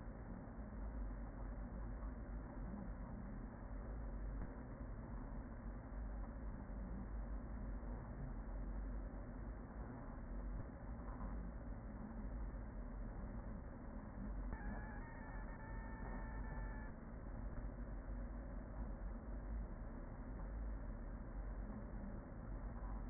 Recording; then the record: honeybee colony, microphone inside the hive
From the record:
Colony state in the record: queen present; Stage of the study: after two queens were removed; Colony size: about 40,000 bees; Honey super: no